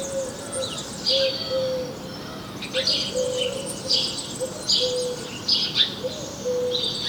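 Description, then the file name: House sparrow chirps in short irregular clusters, with soft low tones in the background. "Passer domesticus"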